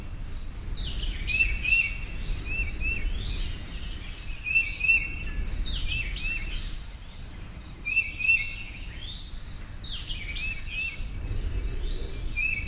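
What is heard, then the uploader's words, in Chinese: Forest birdsong, with several birds chirping and trilling brightly throughout, sharp high calls every second or so over a low rumbling background. 森林鸟鸣。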